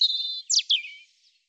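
European robin song fragment: a thin sustained high note, then quick sharply falling notes and a fading, drawn-out note, all very brief.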